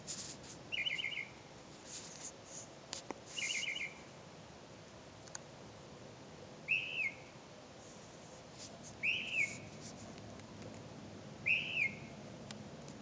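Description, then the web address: Bird calls: two trilled buzzy notes early, then three arched whistled calls spaced about two and a half seconds apart, with faint clicks and background hiss. "misc bird"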